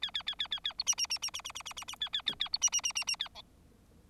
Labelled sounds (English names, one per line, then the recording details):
Bengalese Finch song
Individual Bird4